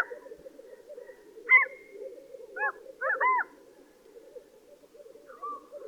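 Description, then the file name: Black-throated loon calls, a few short arched notes scattered over several seconds, above a steady low rushing background. Recorded with echo. "black throated loon bird echo"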